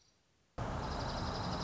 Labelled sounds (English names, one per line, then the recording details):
Dark-eyed Junco
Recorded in Sonoma County, California